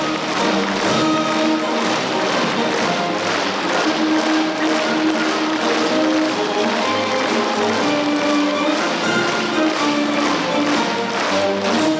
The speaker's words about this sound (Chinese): 上午9时30分，中共中央总书记、国家主席、中央军委主席习近平等步入会场，全场响起热烈的掌声。